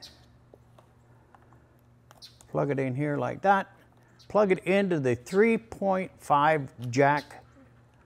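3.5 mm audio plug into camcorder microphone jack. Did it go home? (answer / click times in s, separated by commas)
no / none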